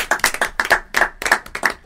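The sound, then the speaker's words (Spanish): Applause for a band after its live show: a crowd claps in dense, irregular bursts, crisp and fairly loud throughout, with no voices. “Muy bueno el show y un aplauso, como hacemos siempre, con las bandas que vienen.”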